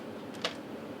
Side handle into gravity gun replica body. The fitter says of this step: just like that all right that's locked into place it's like a little motorcycle handle right there